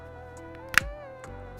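A Bigscreen Beyond 2e VRChat Edition VR headset cable connector is pushed into its link box again to show off the sound, giving a sharp, loud click at 0.8 s over music playing in the background. The connector seats with a solid, durable-feeling click.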